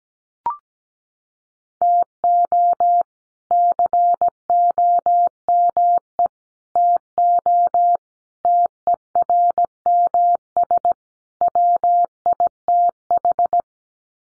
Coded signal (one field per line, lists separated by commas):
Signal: Morse code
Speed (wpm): 17 wpm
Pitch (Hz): 700 Hz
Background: none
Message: TO COME TO TERMS WITH